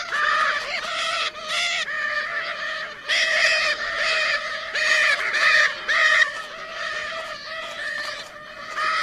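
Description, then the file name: Lear's macaw uttering loud, grating screeches repeated irregularly, roughly one to two per second. "canto da arara azul de lear"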